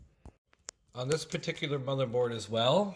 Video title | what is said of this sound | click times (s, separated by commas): Budget Gaming PC Build | and then pull it down until it clicks like that | 0.7 s